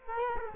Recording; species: mosquito wingbeat signal from an infrared sensor; Culex quinquefasciatus